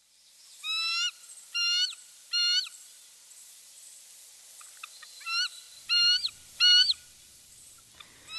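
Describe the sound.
Bald eagle peal call: short squeaky high notes in quick bursts, a series of three, a pause, then several more, the last cut off at the end.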